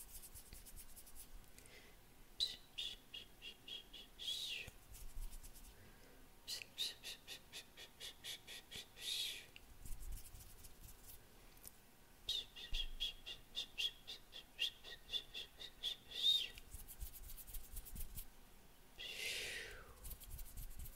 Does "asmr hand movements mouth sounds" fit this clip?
yes